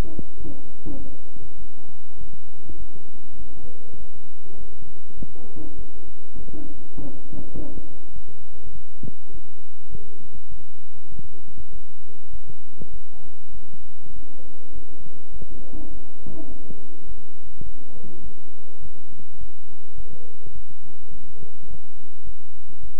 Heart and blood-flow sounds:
heart sounds by stethoscope; between the tricuspid and mitral areas; 102 bpm
0.38 s: heartbeat
0.98 s: heartbeat
1.58 s: heartbeat
2.19 s: heartbeat
2.78 s: heartbeat
3.37 s: heartbeat
3.98 s: heartbeat
4.58 s: heartbeat
5.17 s: heartbeat
5.77 s: heartbeat
6.36 s: heartbeat
6.97 s: heartbeat
7.55 s: heartbeat
8.14 s: heartbeat
8.73 s: heartbeat
9.32 s: heartbeat
9.90 s: heartbeat
10.50 s: heartbeat
11.10 s: heartbeat
11.71 s: heartbeat
12.31 s: heartbeat
12.91 s: heartbeat
13.52 s: heartbeat
14.14 s: heartbeat
14.73 s: heartbeat
15.32 s: heartbeat
15.91 s: heartbeat
16.49 s: heartbeat
17.07 s: heartbeat
17.64 s: heartbeat
18.22 s: heartbeat
18.81 s: heartbeat
19.39 s: heartbeat
19.96 s: heartbeat
20.53 s: heartbeat
21.11 s: heartbeat
21.68 s: heartbeat
22.25 s: heartbeat
22.81 s: heartbeat
From the record:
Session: bicycle stress test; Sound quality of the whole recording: good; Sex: male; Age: 23 years

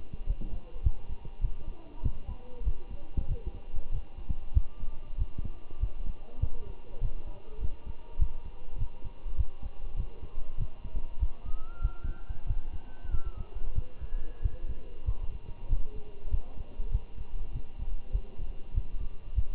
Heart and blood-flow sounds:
heart sounds by stethoscope; between the tricuspid and mitral areas; 97 bpm
0.27 s: heartbeat
0.84 s: heartbeat
1.41 s: heartbeat
2.04 s: heartbeat
2.65 s: heartbeat
3.29 s: heartbeat
3.92 s: heartbeat
4.55 s: heartbeat
5.19 s: heartbeat
5.81 s: heartbeat
6.41 s: heartbeat
7.02 s: heartbeat
7.61 s: heartbeat
8.19 s: heartbeat
8.79 s: heartbeat
9.37 s: heartbeat
9.97 s: heartbeat
10.58 s: heartbeat
11.20 s: heartbeat
11.82 s: heartbeat
12.47 s: heartbeat
13.11 s: heartbeat
13.76 s: heartbeat
14.43 s: heartbeat
15.06 s: heartbeat
15.70 s: heartbeat
16.31 s: heartbeat
16.92 s: heartbeat
17.53 s: heartbeat
18.13 s: heartbeat
18.75 s: heartbeat
19.36 s: heartbeat
From the record:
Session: walking at 3.7 km/h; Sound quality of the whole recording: good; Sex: male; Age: 23 years

